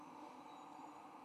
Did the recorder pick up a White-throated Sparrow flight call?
no